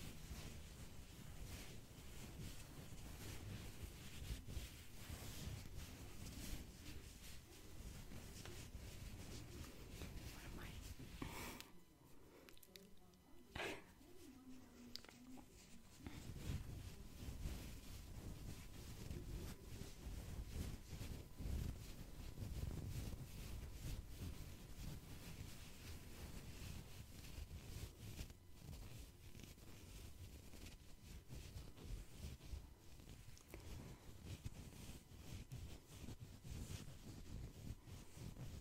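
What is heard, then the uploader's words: Dense scratching and rustling of hands massaging the scalp and brushing hair, easing briefly around twelve seconds with a couple of sharp taps. ASMR 10 Personal Attention Triggers (Scalp Massage, Face Massage, Stipple, Hair Brushing).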